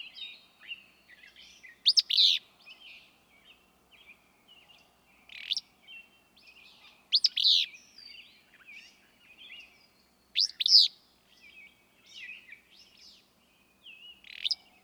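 Willow flycatcher repeating its sneezy, buzzy song phrase several times, with fainter chips and thin whistles in between.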